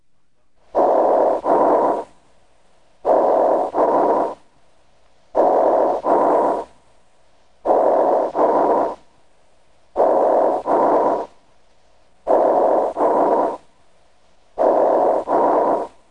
Severe fibrosis may produce bronchial breath sounds that are usually heard over the lower lung regions. Interstitial pulmonary fibrosis is a pathologic change caused by many chronic inflammatory diseases that produce diffuse lung injury. Because the bronchi are patent, the sounds have a hollow or tubular quality. They are audible throughout inspiration and expiration. These bronchial breath sounds are high-pitched and are heard equally well with either the diaphragm or bell of the stethoscope. Bronchial breath sounds heard over a fibrotic area sound like this.